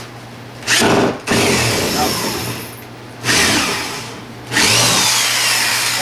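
A screw is driven into the new fire-rated door or frame while installing door hardware, with bursts of loud, broadband motor whirring at about 0.7–1.3 s, 1.3–2.8 s, 3.2–4.5 s and 4.5–6.1 s. The screw strips out, like the one before it, and nothing seats or clicks.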